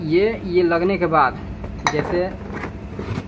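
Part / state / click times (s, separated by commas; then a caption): armature lock on starter motor armature shaft / not seated / none. An armature lock is being handled and fitted into the groove on a starter motor's armature shaft while someone talks, with light metallic clinks around 1.9 seconds. The clip ends before the part goes home, and nothing has seated or clicked yet.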